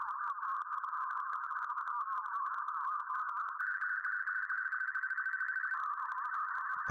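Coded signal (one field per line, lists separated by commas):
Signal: SSTV (slow-scan television)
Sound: steady warbling tone around 1.5 kHz with rhythmic clicks, like an image transmission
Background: radio static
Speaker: I narrowed it down enough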